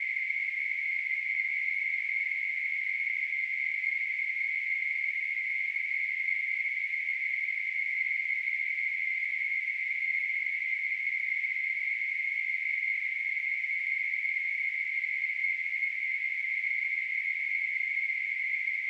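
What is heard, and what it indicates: Simulated tinnitus: a steady, continuous hissing band of noise centered near 2 kHz, unchanging in pitch and loudness throughout.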